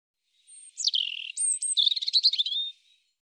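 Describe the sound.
European robin song: a high thin note, a downward slur, then a quick, glittering series of trilled and chirping notes, with no other sounds.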